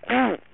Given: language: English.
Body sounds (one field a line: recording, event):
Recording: throat vibration sensor signal played as sound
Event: throat clearing